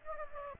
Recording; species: mosquito wingbeat signal from an infrared sensor; Aedes aegypti